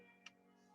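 The two-stage reverse stitch button on a 1961 Viking Husqvarna 21E sewing machine is pushed a second time and releases from its locked reverse position. A single small, sharp click is heard at 0.3 s over a steady tonal background hum. The button is released.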